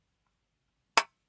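The metal top lid of a heavy-duty Aroma 3 herb grinder is closed onto the grinder body. A single loud, sharp click rings out at 1.0 s, after near silence, as the lid snaps into position and seats shut.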